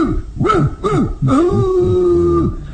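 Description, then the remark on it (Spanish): A large mastiff gives two deep, gruff barks, then breaks into a long, steady howl that holds its pitch for about a second before trailing off. No voices. “Mi fiel perro mastín debe estar libre esta noche y habrá luna llena.”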